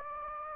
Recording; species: mosquito wingbeat signal from an infrared sensor; Anopheles gambiae